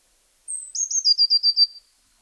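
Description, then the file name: Eurasian blue tit giving a very high thin note followed by a quick descending trill of several notes; background otherwise quiet. "Cyanistes caeruleus"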